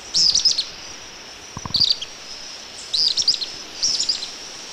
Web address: Natures Songs S America Eastern Lowlands. Chaetura cinereiventris, calls